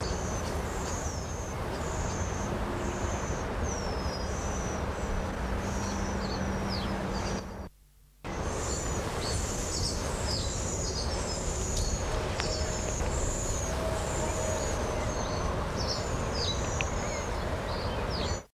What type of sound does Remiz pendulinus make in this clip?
call